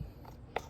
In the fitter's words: You heard that little click, just tug on it, make sure it's good, and you're all good up here.